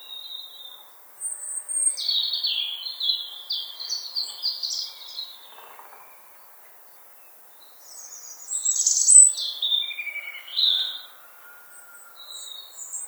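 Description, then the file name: European robin song: varied high, thin warbling phrases with sliding and falling notes, two long bursts separated by a short pause, over a quiet background. "Rotkehlchen"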